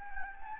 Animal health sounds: mosquito wingbeat signal from an infrared sensor; Anopheles gambiae

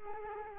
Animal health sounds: mosquito wingbeat signal from an infrared sensor; Culex quinquefasciatus

